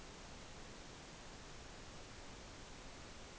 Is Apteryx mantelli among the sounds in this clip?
no